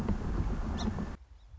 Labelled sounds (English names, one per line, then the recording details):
Song Sparrow
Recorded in Sonoma County, California